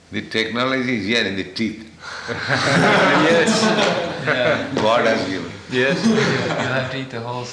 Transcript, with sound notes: The technology is here in the teeth. [laughter]
Yes. You'll have to eat the whole thing.